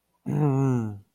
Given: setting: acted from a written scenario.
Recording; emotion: vocal sound without words; anger